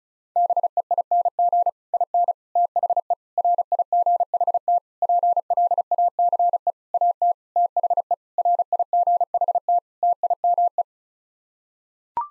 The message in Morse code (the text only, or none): BEING IN THE RIGHT PLACE AT THE RIGHT TIME